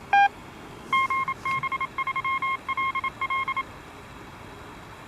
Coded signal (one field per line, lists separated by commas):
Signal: Morse code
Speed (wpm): 27 wpm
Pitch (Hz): 1070 Hz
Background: none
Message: GB3LL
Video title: Camping (It,s all about the Ham)